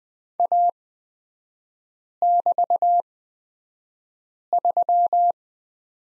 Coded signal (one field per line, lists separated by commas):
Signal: Morse code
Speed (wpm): 20 wpm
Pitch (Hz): 700 Hz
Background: none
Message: A<BT>3